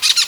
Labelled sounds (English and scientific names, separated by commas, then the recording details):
Brown-throated Parakeet (Eupsittula pertinax) contact call
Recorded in Venezuela
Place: Guárico; Corozopando; Fundo La Fe
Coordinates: 8.506, -67.593